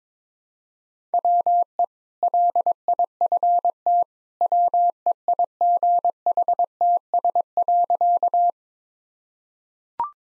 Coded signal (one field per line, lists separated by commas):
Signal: Morse code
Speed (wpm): 21 wpm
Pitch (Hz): 700 Hz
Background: none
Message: WE LIFT WEIGHTS.